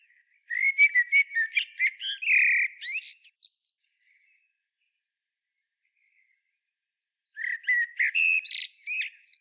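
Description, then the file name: Common blackbird singing two phrases of whistled notes mixed with rapid squeaky twitters, separated by a long pause, the second cut off at the end. "Turdus merula"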